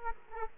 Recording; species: mosquito wingbeat signal from an infrared sensor; Culex quinquefasciatus